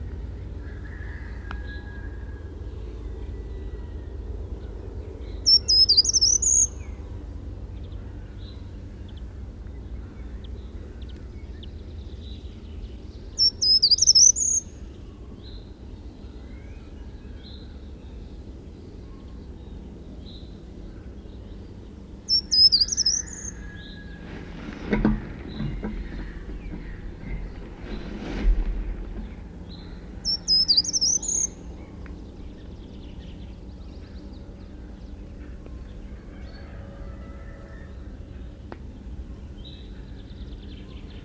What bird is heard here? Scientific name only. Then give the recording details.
Certhia brachydactyla. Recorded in the wild. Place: Ralswiek, Insel Rügen, Mecklenburg-Vorpommern, DE. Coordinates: 54.475, 13.446. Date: 1970-04-25. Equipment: Nagra III BH, Sennheiser MD 21, parabola. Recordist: Schubert, Michael. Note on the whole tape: Bei Ralswiek: Ges. Gartenbaumläufer E. 6,00